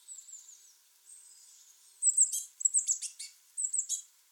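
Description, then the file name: Eurasian blue tit calls: thin, very high sustained notes, then a burst of louder, scratchy, chirping notes in quick clusters. "Cyanistes caeruleus"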